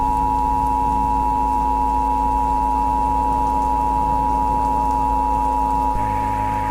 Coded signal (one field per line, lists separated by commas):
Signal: Emergency Alert System (SAME) tones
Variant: 853 and 960 Hz attention tone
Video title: Twister Trouble - An EAS Short Remaster.